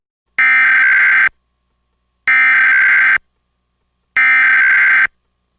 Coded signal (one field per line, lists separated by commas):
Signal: Emergency Alert System (SAME) tones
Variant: header bursts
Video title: I missed the Marginal Risk Event so I did this (EAS# 132-133) [Re-Uploaded]